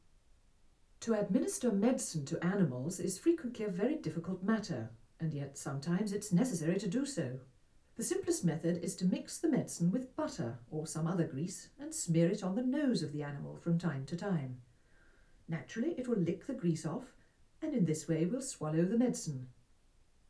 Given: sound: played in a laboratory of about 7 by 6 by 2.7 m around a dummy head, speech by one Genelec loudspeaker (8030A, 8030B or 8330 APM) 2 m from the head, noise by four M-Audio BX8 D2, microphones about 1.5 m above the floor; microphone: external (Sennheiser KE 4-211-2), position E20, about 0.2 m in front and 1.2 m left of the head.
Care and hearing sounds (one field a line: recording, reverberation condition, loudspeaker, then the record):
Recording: female speech in English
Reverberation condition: low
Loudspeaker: 60 degrees to the right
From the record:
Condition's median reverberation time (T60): about 310 ms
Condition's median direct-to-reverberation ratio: about 3.5 dB